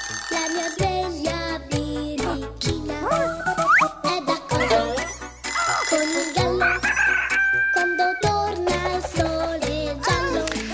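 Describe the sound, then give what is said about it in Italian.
A rooster's crow rings out a couple of times over a bright, chiming wake-up alarm tune with a steady stepping bass line, loud and continuous with no talking. “La sente questa sveglia? Sì, la sento.”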